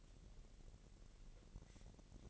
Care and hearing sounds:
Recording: daily activity, microphone in the room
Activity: take from stove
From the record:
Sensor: 4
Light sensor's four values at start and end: 25/60/24/24 and 25/59/24/24

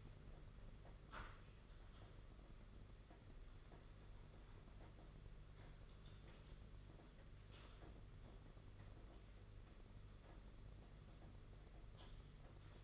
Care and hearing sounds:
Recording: daily activity, microphone in the room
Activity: typing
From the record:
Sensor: 4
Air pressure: 992.6 hPa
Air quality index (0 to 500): 137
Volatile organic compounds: 62 ppm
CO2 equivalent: 3435 ppm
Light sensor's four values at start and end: 19/66/24/25 and 19/66/24/25

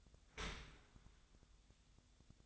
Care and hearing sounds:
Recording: daily activity, microphone in the room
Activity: open dishwasher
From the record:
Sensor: 3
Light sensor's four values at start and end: 7/17/7/6 and 7/17/7/6

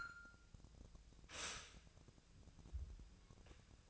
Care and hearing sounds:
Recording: daily activity, microphone in the room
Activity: stop toaster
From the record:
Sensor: 2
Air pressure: 1000.0 hPa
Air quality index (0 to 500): 148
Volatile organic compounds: 2 ppm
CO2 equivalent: 1254 ppm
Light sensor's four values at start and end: 26/65/28/30 and 26/65/28/30

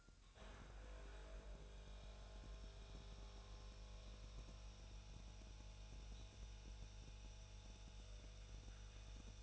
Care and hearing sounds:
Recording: daily activity, microphone in the room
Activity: make coffee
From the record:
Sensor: 2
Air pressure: 1001.9 hPa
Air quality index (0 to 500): 248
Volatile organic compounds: 40 ppm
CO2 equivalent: 3141 ppm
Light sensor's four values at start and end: 8/28/11/10 and 8/28/11/10

